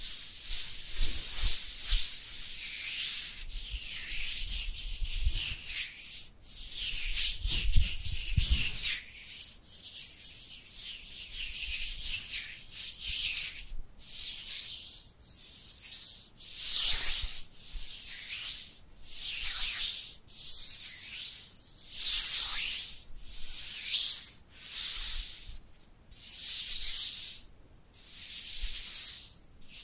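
Dry hands rub against each other, making a bright, papery hiss. For the first dozen seconds the rubbing is nearly continuous, with a few dull low bumps around the seven-second mark. After that it breaks into separate strokes, roughly one per second, each separated by a brief silence.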